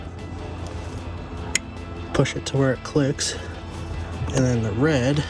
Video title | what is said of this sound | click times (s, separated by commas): 2015-2017 4WD F-150 Front Wheel Bearing and Hub Assembly Set Review & Install | le côté. Poussez jusqu'au clic. | 1.6 s